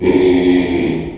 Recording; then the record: squeal of a Yucatan mini pig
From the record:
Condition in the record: after surgery on the right vocal fold (resection and tissue-engineered implant); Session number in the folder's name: 2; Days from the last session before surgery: 13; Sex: male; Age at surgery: 12 weeks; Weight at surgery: 13 kg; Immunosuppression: cyclosporine, prednisolone